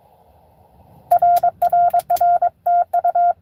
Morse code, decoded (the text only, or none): RRR TU